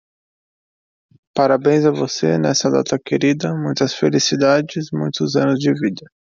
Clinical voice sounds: short text; Brazilian Portuguese; male; 20 to 29 years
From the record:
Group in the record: control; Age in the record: 27 years

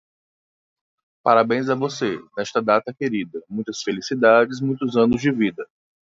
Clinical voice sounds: short text; Brazilian Portuguese; male; 30 to 39 years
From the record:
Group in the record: control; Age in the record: 39 years

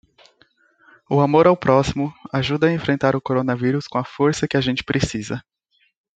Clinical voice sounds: spoken sentence; Brazilian Portuguese; male; 18 to 19 years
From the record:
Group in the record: control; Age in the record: 19 years

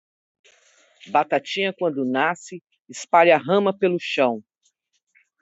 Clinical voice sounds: short text; Brazilian Portuguese; female; 50 to 59 years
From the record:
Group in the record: control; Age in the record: 55 years

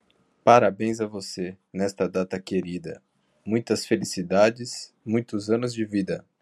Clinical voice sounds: short text; Brazilian Portuguese; male; 20 to 29 years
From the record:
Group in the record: control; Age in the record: 27 years

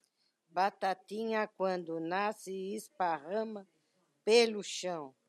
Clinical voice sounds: short text; Brazilian Portuguese; female; 60 to 69 years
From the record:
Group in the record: control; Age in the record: 68 years

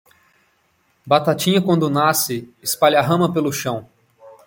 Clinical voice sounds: short text; Brazilian Portuguese; male; 30 to 39 years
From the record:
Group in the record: control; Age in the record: 32 years

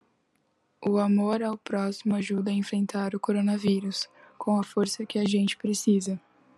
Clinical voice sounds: spoken sentence; Brazilian Portuguese; female; 20 to 29 years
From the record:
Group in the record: control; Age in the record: 22 years

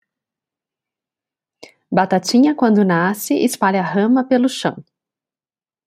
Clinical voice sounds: short text; Brazilian Portuguese; female; 40 to 49 years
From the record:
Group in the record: control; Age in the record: 41 years

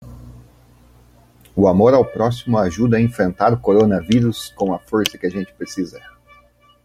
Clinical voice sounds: spoken sentence; Brazilian Portuguese; male; 20 to 29 years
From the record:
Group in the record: control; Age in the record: 29 years

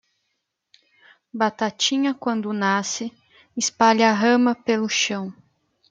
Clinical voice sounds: short text; Brazilian Portuguese; female; 20 to 29 years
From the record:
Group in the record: control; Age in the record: 27 years

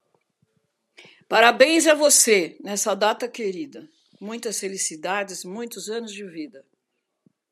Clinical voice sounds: short text; Brazilian Portuguese; female; 60 to 69 years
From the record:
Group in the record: control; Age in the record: 69 years

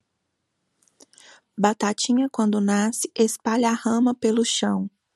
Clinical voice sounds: short text; Brazilian Portuguese; female; 30 to 39 years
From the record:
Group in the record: control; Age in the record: 36 years

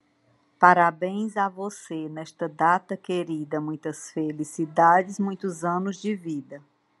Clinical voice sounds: short text; Brazilian Portuguese; female; 50 to 59 years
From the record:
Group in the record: control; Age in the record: 54 years

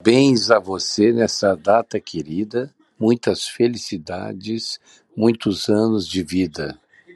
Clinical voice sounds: short text; Brazilian Portuguese; male; 60 to 69 years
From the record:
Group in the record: control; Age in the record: 65 years

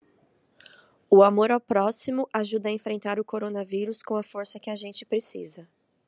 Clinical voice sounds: spoken sentence; Brazilian Portuguese; female; 30 to 39 years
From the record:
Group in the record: control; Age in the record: 33 years

